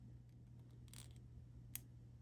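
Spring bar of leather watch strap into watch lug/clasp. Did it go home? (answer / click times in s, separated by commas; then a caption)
yes / 1.8 s. A spring bar on a handmade leather watch strap for a Longines Master Collection watch is pushed under the leather and clipped into the watch lug or clasp. A soft scraping rustle around 0.9–1.0 s is followed by a sharp, bright click at 1.8 s as the spring bar seats, securing one side of the strap.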